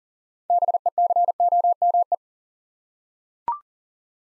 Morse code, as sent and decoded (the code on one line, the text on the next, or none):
-... . -.-. --- -- .
BECOME